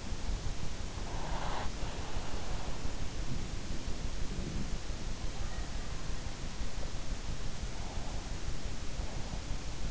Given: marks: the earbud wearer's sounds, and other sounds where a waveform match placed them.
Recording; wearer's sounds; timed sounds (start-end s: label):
sounds in sleep by an in-ear microphone; breath
0.00-2.63 s: breath